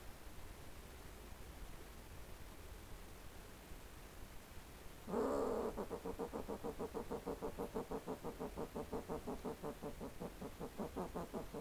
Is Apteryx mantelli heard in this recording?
no